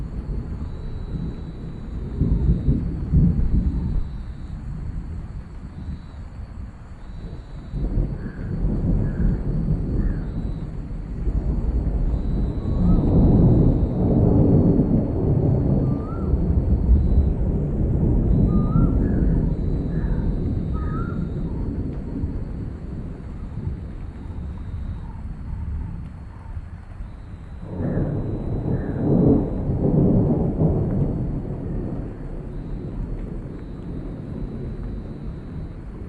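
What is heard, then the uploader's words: Deep thunder rolls through a steady background of rain, swelling in long rumbles around 2–4, 12–17 and 27–31 seconds. A faint high whine runs constantly overhead, and a few soft chirps, likely birds, come through in the middle. Cozy Room Overlooking Backyard Thunderstorm.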